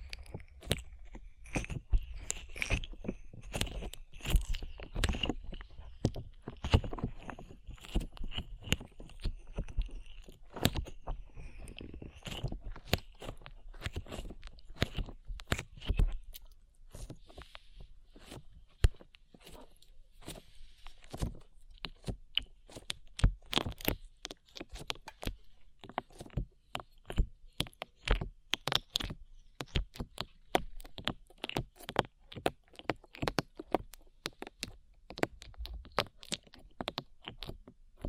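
Slime being squeezed and pressed makes a dense run of sharp wet pops and crackles that continues for the whole stretch. A faint steady tone sits behind the first fifteen seconds. After that the clicks come sparser and quieter, with occasional louder snaps.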